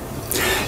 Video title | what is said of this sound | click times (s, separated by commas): Intercity RailFreight Sample Course | you'll hear a click | 0.3 s